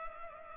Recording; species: mosquito wingbeat signal from an infrared sensor; Culex pipiens